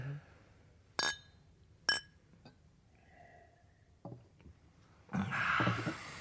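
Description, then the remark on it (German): Glasses clink together in a toast to a good and happy journey at a farewell evening: two bright, ringing chimes about a second apart, followed by faint clatter and a swell of noisy hiss toward the end. “So heben wir nun unser Glas auf eine gute und glückliche Reise.”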